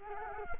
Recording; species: mosquito wingbeat signal from an infrared sensor; Culex quinquefasciatus